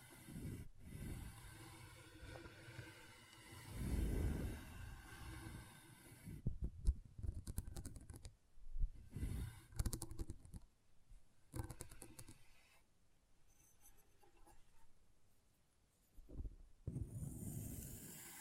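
Intense magnetic tingles: soft scratchy rubbing and low rumbling thuds come in uneven swells, loudest around four seconds and again near nine. Between them are quieter stretches of faint crackling and near silence, with a short burst of rustle returning near the end.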